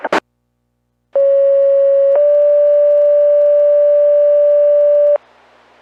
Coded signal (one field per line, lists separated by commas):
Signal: two-tone page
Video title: Carroll County Ohio FD's Pager Testing VHF Low Band 33.94 mHz